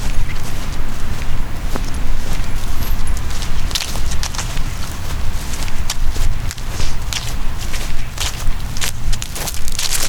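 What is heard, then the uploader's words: Footsteps crunch at a quick, irregular pace over a dense, steady outdoor rumble, with bright scuffs and clicks scattered throughout. Walking in Golden Gate Park. Lots of footsteps in grass, gravel, and on pavement.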